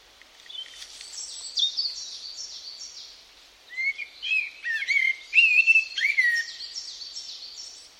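Bird calls: faint, repeated high descending notes at first, then louder whistled, warbling chirps in the second half, with the high notes continuing behind.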